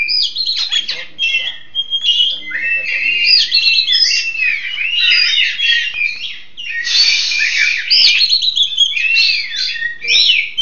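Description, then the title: Long-tailed shrike song, varied rising and falling whistles with harsh scratchy notes and rapid chatter, running almost without pause. "Kicau Burung Pentet"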